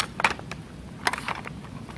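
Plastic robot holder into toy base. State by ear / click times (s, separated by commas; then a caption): not seated / none. A plastic robot holder is pressed down into a toy base, producing short, sharp plastic knocks and rattles around 0.2–0.3 s and again around 1.1–1.3 s over a low background hum. The holder does not snap down, and nothing has seated or clicked yet.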